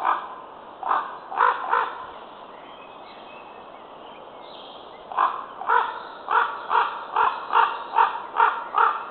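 Common raven giving harsh, hoarse calls, three quick ones early, a pause, then a long steady series of rasping notes in quick succession.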